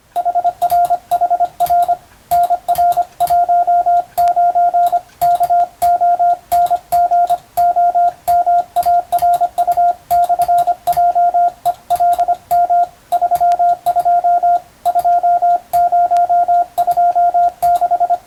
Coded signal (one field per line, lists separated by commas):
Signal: Morse code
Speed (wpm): 25 wpm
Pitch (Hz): 700 Hz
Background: radio noise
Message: HRHR NR19 KONGOMARU/JELM 32 2026